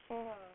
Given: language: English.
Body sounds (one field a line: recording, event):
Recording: throat vibration sensor signal played as sound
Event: speech